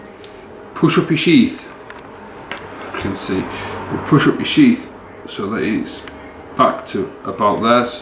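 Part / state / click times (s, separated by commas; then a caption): BNC connector body onto coaxial cable end / seated / 0.2 s. A BNC crimp connector body is pushed onto the prepared end of a coaxial cable, over the centre pin, and seats with a single sharp, short click at 0.2 s. Someone talks throughout the rest of the clip.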